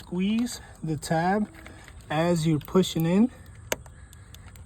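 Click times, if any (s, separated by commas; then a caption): 3.7 s. On a 2003–2007 Cadillac CTS, a plastic tabbed wiring harness connector is pushed onto the ignition coil while its tab is squeezed, as someone talks. A sharp click at 3.7 s marks the connector snapping in and seating, followed by a few faint ticks.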